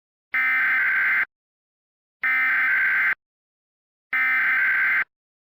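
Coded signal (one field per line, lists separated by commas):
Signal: Emergency Alert System (SAME) tones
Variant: header bursts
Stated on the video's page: Requested fictional EAS scenario for a Georgia power plant emergency, not real.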